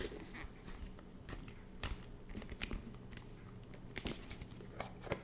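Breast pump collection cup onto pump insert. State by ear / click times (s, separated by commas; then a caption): not seated / none. A plastic breast pump collection cup is pressed onto the pump insert on a second try, giving a series of short plastic taps and handling noises. Nothing has seated or clicked yet, and the cup fails to click on and comes off easily.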